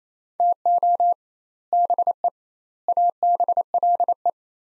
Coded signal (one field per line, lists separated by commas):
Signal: Morse code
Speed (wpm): 28 wpm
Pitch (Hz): 700 Hz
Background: none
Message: TO BE ABLE